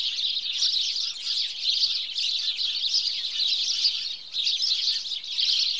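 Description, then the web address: House sparrow flock giving a steady wall of high chirps that dips briefly near the end before resuming. "BBC Sound Effects Library BBC 47-Birds 21 House Sparrow (Passer Domesticus)"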